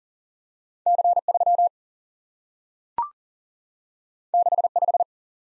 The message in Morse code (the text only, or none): C 3 6 5